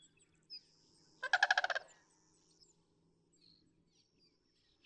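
Sandhill crane giving a rolling, rattling bugle call about half a second long, with faint high bird whistles and a low background hum.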